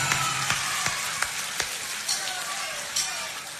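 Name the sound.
audience applause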